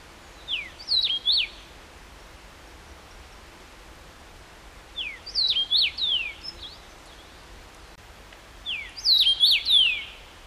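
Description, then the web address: Common rosefinch repeating a short whistled phrase three times, roughly every four seconds, over a faint steady background hiss. Recorded 14 June 2012; recording marked KBGD. "June 14 2012 C erythrinus KBGD"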